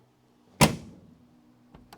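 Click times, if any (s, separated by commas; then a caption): none. A rear door on a 1969 sedan is swung shut too gently onto its body striker, making one broadband thud at 0.6 s that rings down over the next half second. Two faint, short ticks follow at about 1.8 and 1.9 s. The latch did not fully engage because the door wasn't closed hard enough, so nothing has seated or clicked yet.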